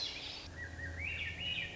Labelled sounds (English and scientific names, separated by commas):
Swainson's Thrush (Catharus ustulatus)